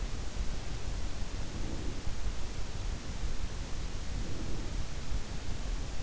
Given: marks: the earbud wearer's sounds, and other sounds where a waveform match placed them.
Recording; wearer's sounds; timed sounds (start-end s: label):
sounds in sleep by an in-ear microphone; breath
1.22-2.29 s: breath
3.85-4.93 s: breath